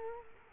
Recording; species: mosquito wingbeat signal from an infrared sensor; Culex quinquefasciatus